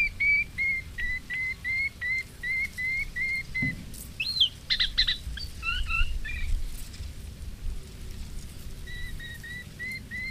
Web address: agykontroll Madardalok Cd 3. Fülemülesitke